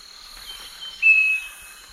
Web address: Natures Songs S America Eastern Lowlands 488 Southern Nightingale-Wren